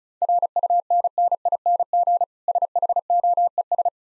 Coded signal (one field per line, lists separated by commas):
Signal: Morse code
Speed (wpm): 36 wpm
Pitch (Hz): 700 Hz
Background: none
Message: RUNNING SHOES